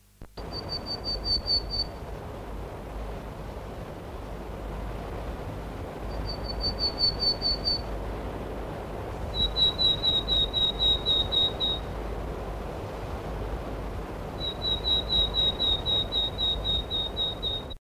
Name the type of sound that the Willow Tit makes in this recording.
courtship call